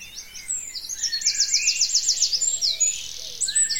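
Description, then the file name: Bird song with a loud, fast trill of repeated sweeping notes lasting over a second, framed by other high chirps and whistles. "zvuki peniia ptits"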